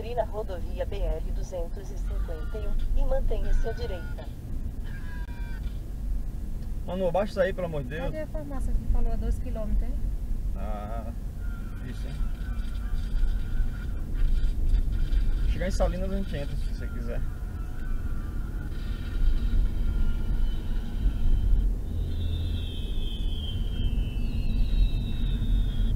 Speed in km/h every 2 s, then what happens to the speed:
23, 24, 25, 25, 25, 24, 25, 29, 29, 33, 37, 42, 42.
0-11 steady at about 24. 11-22 speeds up to 42.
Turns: none.